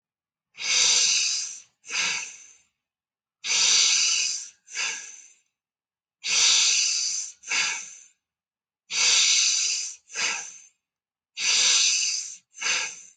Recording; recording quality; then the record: shallow breathing; excellent, no background noise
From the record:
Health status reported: COVID-19 positive, mild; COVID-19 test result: positive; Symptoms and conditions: cough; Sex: male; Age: 36 years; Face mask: not worn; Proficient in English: yes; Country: India